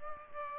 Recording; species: mosquito wingbeat signal from an infrared sensor; Aedes aegypti